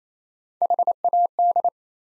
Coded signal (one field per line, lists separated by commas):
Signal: Morse code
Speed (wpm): 28 wpm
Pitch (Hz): 700 Hz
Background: none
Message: HAD